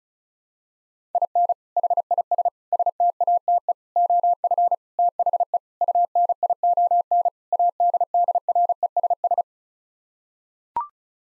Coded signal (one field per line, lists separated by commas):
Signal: Morse code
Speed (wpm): 36 wpm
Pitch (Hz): 700 Hz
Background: none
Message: IN HIS STATE OF THE UNION ADDRESS